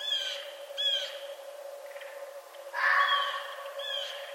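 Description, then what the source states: Red fox yelps: two quick barks, a pause, then a harsher raspy burst followed by another short bark, over steady hum. Recorded 11 November 2011.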